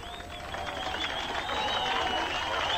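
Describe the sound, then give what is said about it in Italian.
A large crowd of West Berliners applauds and cheers in a dense, steady wash of clapping and voices as crowds cross the Berlin Wall from east to west, with a thin high whistling tone drifting over it, holding at an even loudness throughout. “Un fiume di folla in festa passa. I berlinesi dell'ovest applaudono.”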